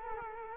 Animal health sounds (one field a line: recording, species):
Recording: mosquito wingbeat signal from an infrared sensor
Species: Culex quinquefasciatus